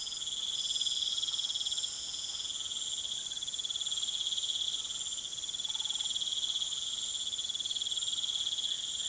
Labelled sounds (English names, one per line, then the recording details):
none
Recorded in pastures near Puerto Asís, Putumayo, Colombia, on 25 June 2025 at 20:00
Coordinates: 0.487, -76.322
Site H26